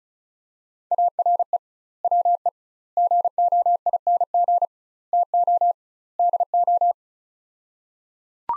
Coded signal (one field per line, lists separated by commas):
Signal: Morse code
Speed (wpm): 36 wpm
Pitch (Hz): 700 Hz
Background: none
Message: ARE WE GOING TO DO